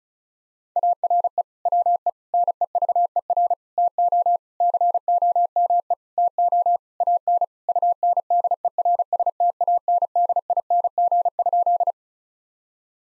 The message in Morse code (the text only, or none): ARE WE NEVER TO COME TO AN UNDERSTANDING?